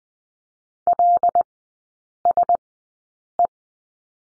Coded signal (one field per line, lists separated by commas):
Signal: Morse code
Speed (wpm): 20 wpm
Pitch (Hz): 700 Hz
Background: none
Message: LSE